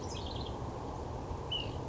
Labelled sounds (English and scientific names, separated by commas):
Ash-throated Flycatcher (Myiarchus cinerascens)